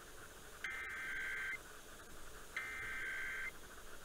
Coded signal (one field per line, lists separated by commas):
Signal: Emergency Alert System (SAME) tones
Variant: header bursts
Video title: Required Weekly Test- EAS #3